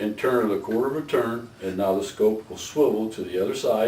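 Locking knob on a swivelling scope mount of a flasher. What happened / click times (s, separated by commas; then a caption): Handled, not yet home: no locking click, only speech / none. Someone talks while the spring-loaded locking knob on the swivelling scope mount of a flasher unit is pushed in and turned a quarter of a turn, freeing the scope to swivel to the other side. The knob has not yet been pushed back in to lock the scope in its new position, and nothing has seated or clicked yet.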